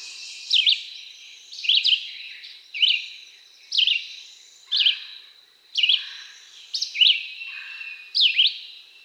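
Red-eyed Vireo delivering a steady series of short, slurred whistled phrases, about one per second, each varying slightly, with continuous faint background hiss.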